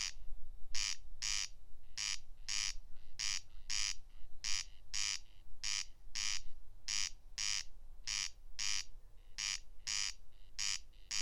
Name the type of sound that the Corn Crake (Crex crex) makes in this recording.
song